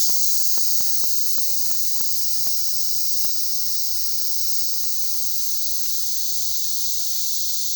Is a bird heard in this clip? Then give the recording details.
no. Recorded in dense forest near Puerto Asís, Putumayo, Colombia, on 20 February 2024 at 09:00. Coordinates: 0.487, -76.319. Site G6403